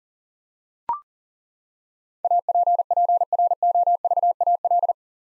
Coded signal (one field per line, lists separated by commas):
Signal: Morse code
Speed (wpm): 40 wpm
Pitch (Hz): 700 Hz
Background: none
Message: APPROVAL